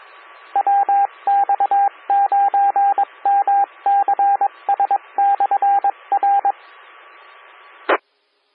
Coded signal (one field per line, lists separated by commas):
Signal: Morse code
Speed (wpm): 21 wpm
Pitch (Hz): 800 Hz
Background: radio noise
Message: WX9MCS/R E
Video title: 2014-06-16 - WX9MCS 147.255 MHz SKYWARN Repeater